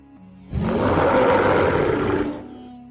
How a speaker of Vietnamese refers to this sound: Tiếng dã thú gầm vang càng hiệu thê lương, thân hình khổng lồ xuất hiện dưới trời đêm sa mạc.